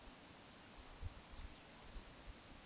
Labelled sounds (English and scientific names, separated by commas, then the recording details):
Eurasian Woodcock (Scolopax rusticola) whistle, Eurasian Woodcock (Scolopax rusticola) croak
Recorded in Baden-Württemberg, Germany, on 23 June 2020 at 20:08 UTC
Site 43741, 675 m above sea level